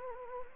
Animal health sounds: mosquito wingbeat signal from an infrared sensor; Anopheles gambiae

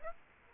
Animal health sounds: mosquito wingbeat signal from an infrared sensor; Aedes aegypti

